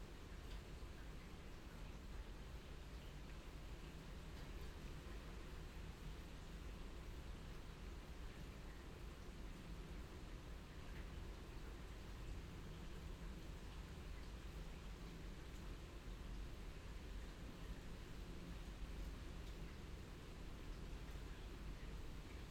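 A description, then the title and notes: Steady rain falls without a break, a dense, even hiss that holds the same level for the whole stretch. A deep, low rumble sits underneath throughout, and no single drops or separate events stand out from the wash. Rain and Thunder near Aschberg - 3pm - binaural version.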